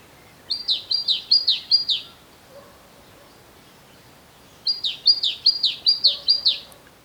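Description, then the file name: Great tit singing two bright phrases of about six rapid, falling high notes each, separated by a quiet pause of nearly three seconds. "Parus major"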